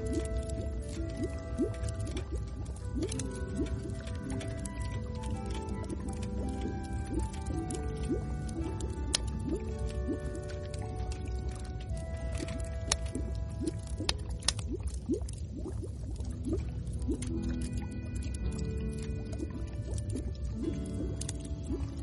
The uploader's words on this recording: Travel through the Middle Ages and let tired hikers rest in the warmth of your inn, with its firewood and the sound of bubbles.